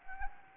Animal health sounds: mosquito wingbeat signal from an infrared sensor; Anopheles gambiae

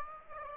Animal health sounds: mosquito wingbeat signal from an infrared sensor; Aedes aegypti

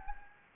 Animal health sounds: mosquito wingbeat signal from an infrared sensor; Anopheles gambiae

